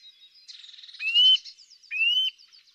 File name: Sitta europaea